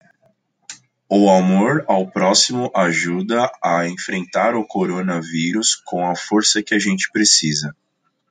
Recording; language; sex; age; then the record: spoken sentence; Brazilian Portuguese; male; 20 to 29 years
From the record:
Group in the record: control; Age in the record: 28 years